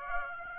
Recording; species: mosquito wingbeat signal from an infrared sensor; Aedes aegypti